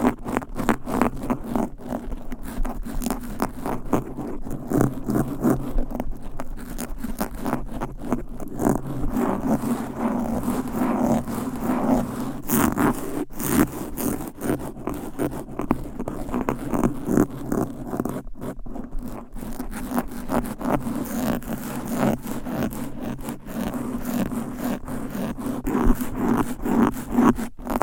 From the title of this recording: Fast & Aggressive Mic Scratching with 10 DIFFERENT MICS Covers & Nails